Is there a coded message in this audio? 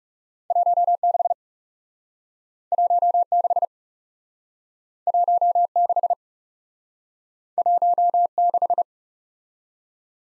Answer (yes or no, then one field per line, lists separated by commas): yes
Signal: Morse code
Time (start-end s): 0.5-8.8 s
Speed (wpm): 38 wpm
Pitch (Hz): 700 Hz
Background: none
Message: 16 16 16 16